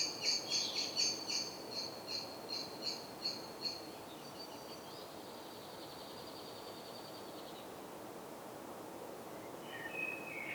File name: Turdus merula